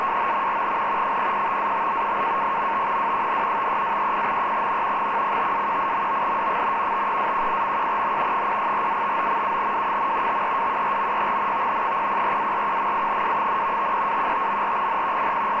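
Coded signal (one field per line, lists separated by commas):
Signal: NAVTEX (SITOR-B)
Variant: 100 baud SITOR-B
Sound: fast warbling two-tone chatter near 1 kHz, continuous, over hiss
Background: radio static, low hum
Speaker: 518 kHz Portpatrick NAVTEX 1821 Zulu 14th November 2012 Tecsun AN-200 loop.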